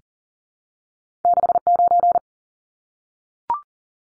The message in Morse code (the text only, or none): 69